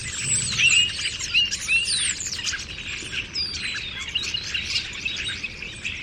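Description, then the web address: Bird calls in a lively chorus, with clear looping whistled notes in the first two seconds, then steady overlapping chirps and twitters. "Deverinetal 2025. Bird Only"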